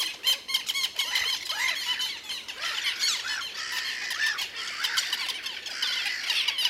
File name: Dmitry Kulakov - Malaya chajka Hydrocoloeus minutus